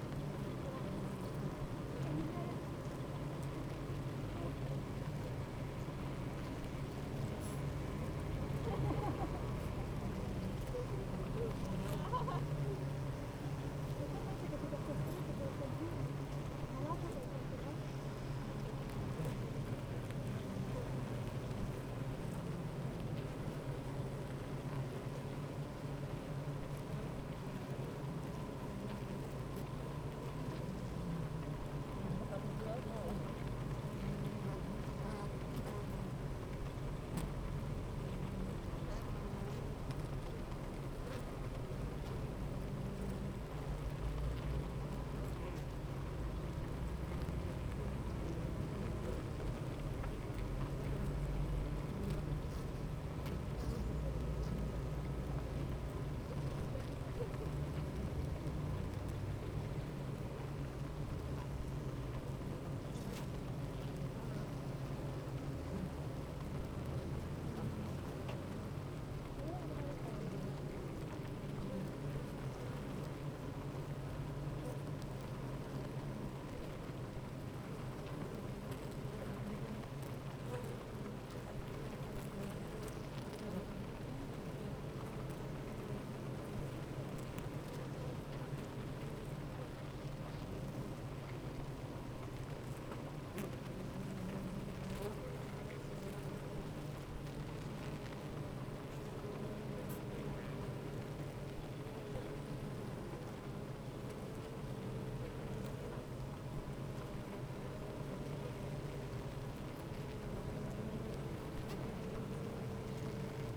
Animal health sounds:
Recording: honeybee colony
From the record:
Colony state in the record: active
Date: 28 July 2017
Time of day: 8:26

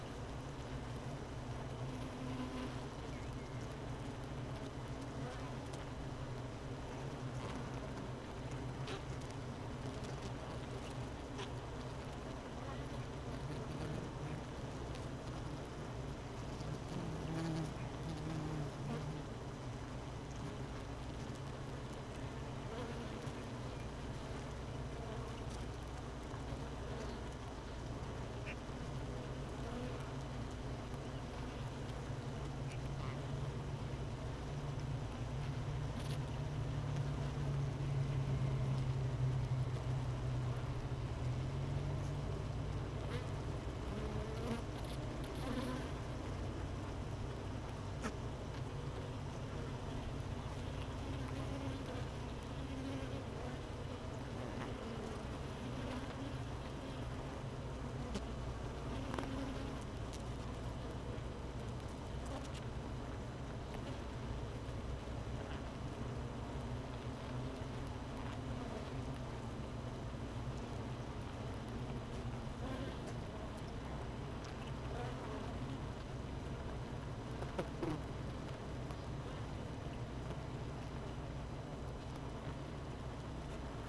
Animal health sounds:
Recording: honeybee colony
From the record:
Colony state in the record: missing queen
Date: 31 May 2018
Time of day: 13:10

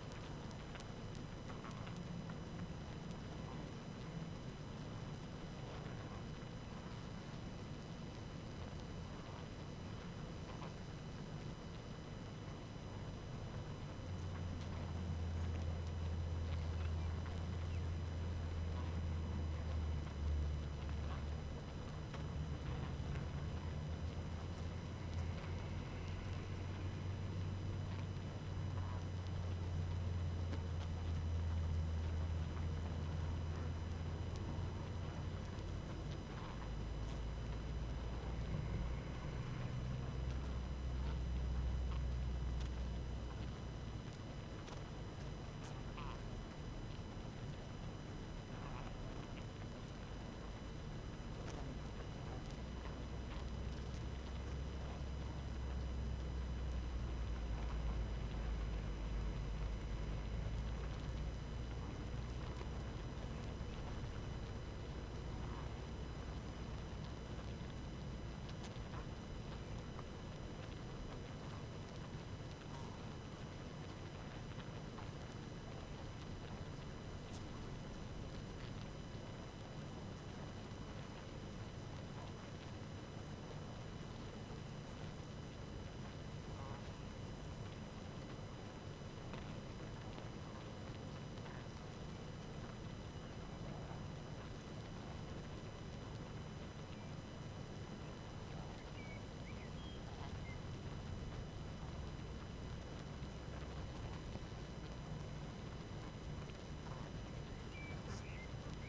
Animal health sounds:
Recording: honeybee colony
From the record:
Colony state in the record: active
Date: 12 June 2018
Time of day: 19:05

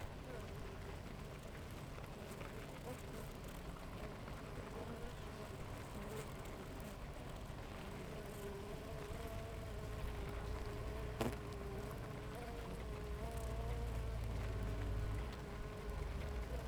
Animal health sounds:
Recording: honeybee colony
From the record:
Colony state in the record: active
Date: 28 July 2017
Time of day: 6:50

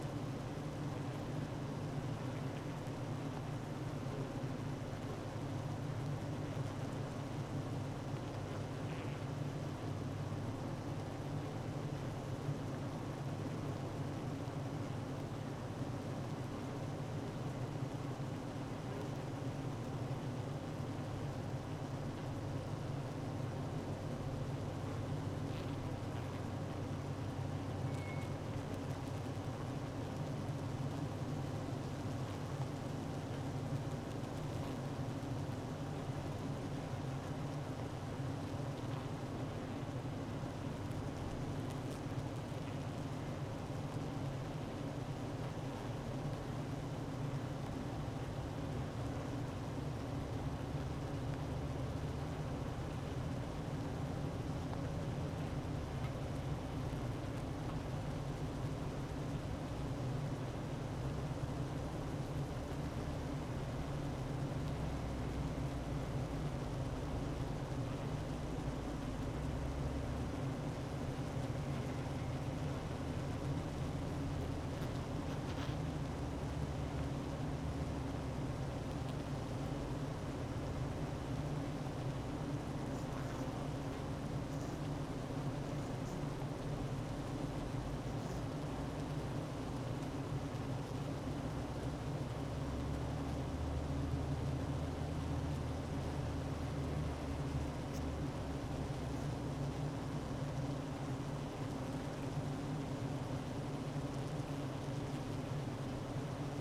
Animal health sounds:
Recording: honeybee colony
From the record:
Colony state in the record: active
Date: 12 June 2018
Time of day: 9:20

